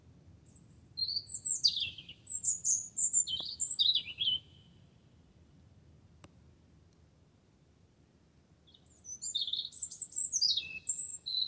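Wren delivering a burst of rapid, high twittering notes, a pause of several seconds, then another energetic phrase.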